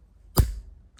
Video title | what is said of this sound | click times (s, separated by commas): How To: Replace rear brake discs and pads (Jaguar F Type) - Guzzoline Garage | That little snap there means that the plug is now free to just remove. | 0.4 s